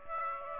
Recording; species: mosquito wingbeat signal from an infrared sensor; Aedes aegypti